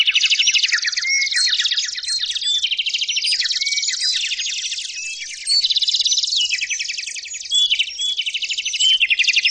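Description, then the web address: Birds chirping in a dense, continuous chorus of high, rapid twittering notes, overlapping throughout with only brief dips in loudness. "SFXSource Brds Chrp"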